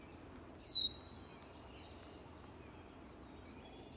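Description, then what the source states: Red-winged blackbird calling, one high downslurred alarm note early and another beginning at the end, quiet low rumble of background noise between. Bird agitated at the recordist.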